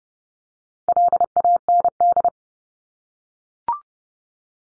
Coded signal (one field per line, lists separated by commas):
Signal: Morse code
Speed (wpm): 30 wpm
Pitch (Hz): 700 Hz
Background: none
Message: LAND